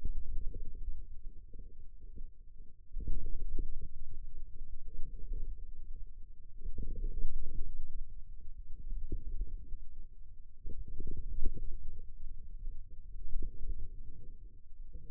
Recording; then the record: forearm muscle sounds (acoustic myography)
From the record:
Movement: ulnar deviation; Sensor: system 2, bracelet of six BSWA MPA416 microphones around the upper forearm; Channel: 2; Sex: male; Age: 22 years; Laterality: right